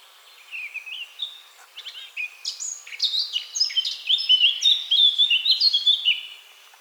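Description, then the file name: Eurasian blackcap song opening with subdued warbling, then rising to bright, clear whistles repeated in a rhythmic, fluty sequence. "Sylvia atricapilla"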